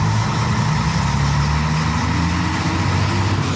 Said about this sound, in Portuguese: Saindo aqui mais um ônibus.